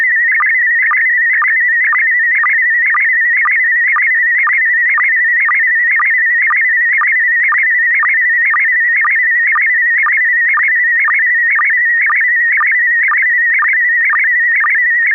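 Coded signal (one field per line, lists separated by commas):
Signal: SSTV (slow-scan television)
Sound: warbling tone around 2 kHz with steady short low sync blips about twice per second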